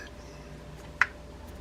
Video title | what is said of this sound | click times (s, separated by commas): Mitchell 308X spin fishing reel 1990s version how to take apart and service | There we go. That was the snap that says everything is gone in square. | 1.0 s